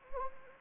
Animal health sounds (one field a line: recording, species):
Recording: mosquito wingbeat signal from an infrared sensor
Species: Anopheles gambiae